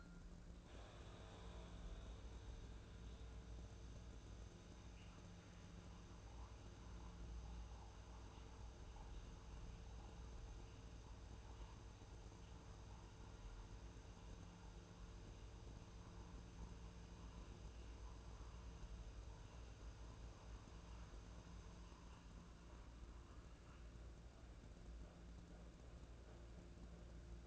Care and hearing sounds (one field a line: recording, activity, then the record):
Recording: daily activity, microphone in the room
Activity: make coffee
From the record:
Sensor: 2